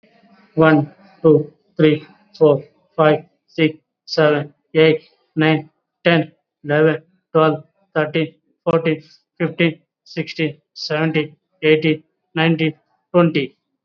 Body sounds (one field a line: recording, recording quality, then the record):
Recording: counting at a normal pace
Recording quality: excellent, no background noise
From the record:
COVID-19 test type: RT-PCR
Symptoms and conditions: cough, fatigue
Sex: male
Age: 30 years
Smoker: no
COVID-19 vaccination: both doses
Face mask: worn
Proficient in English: yes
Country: India